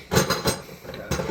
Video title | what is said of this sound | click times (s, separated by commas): Appliance installation started at vacancy. | Yeah, I saw it. I heard it click. | 1.1 s